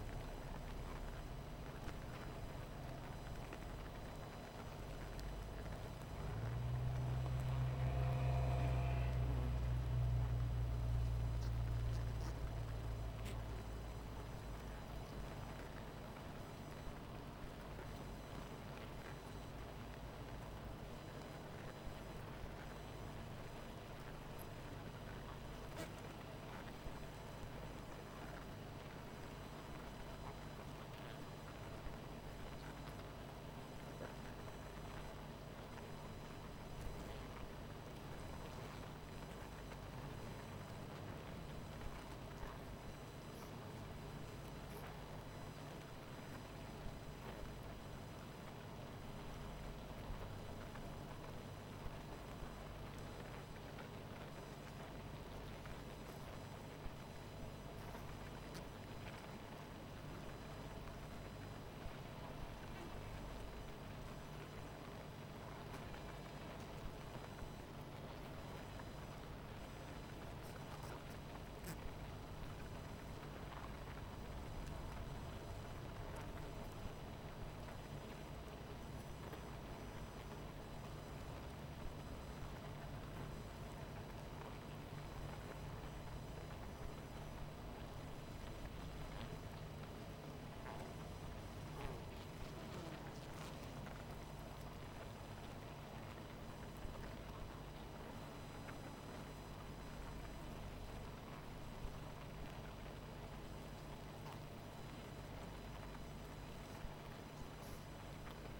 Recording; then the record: honeybee colony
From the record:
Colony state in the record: missing queen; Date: 14 July 2017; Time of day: 19:14